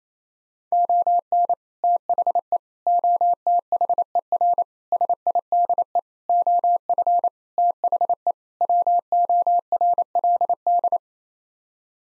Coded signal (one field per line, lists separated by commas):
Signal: Morse code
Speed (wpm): 28 wpm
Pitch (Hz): 700 Hz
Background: none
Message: ON THE OTHER SIDE OF THE WORLD